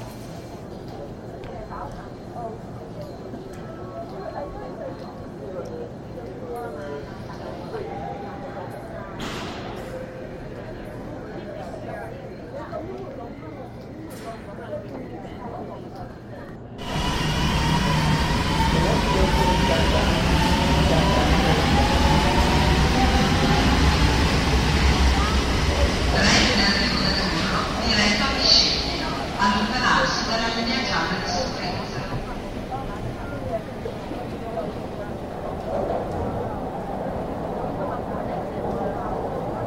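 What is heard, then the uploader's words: Trains, heard first from a quieter spot with low murmuring voices and a steady low rumble. At about 17 seconds the sound jumps to a loud, dense roar with metallic squeals and a rattling rhythm, close by, easing somewhat after 35 seconds. Sound of Trains.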